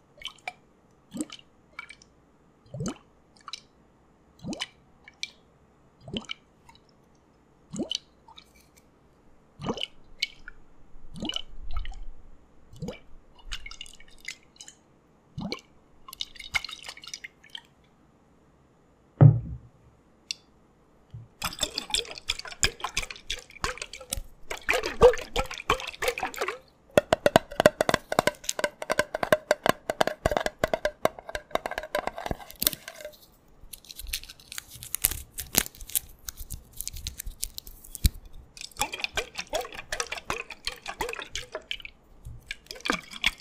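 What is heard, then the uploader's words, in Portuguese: Water, oils, a whisky bottle and thick and thin creams make liquid sounds. For the first twenty seconds there are separate drips and sharp plops about once a second with silence between them, then a thump. After that come dense, continuous squishing and gurgling sounds with short pauses. ASMR [No talking] com sons de água, óleos, garrafa de whisky e cremes densos e não densos.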